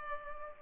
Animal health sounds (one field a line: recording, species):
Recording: mosquito wingbeat signal from an infrared sensor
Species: Culex pipiens